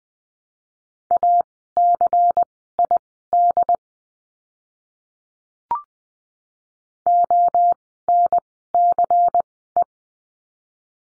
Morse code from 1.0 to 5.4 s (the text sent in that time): ACID